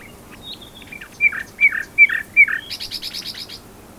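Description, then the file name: Common nightingale song: a few thin whistles, then loud slurred notes repeated about every 0.4 seconds, ending in a fast high rattling series of clicks. "Luscinia megarhynchos"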